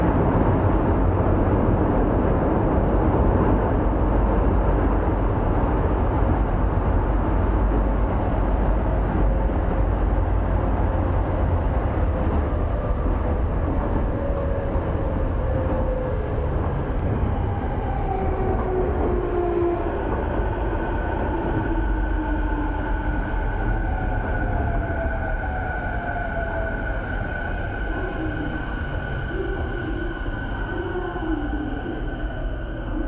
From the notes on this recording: catches the train home in Tokyo